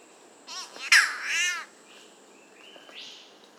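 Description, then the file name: Spotted catbird giving a harsh, nasal wailing call with a short broken start and a drawn-out harmonic note, followed by faint thin whistles and a steady high hiss. "Ailuroedus Maculosus"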